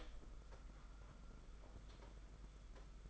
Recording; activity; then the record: daily activity, microphone in the room; open door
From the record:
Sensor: 5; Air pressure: 991.8 hPa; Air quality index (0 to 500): 133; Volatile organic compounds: 79 ppm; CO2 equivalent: 3596 ppm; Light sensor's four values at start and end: 33/111/41/44 and 33/111/41/44